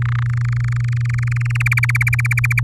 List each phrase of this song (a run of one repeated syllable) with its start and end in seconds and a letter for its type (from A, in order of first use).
0.02-1.62 A, 1.66-2.60 B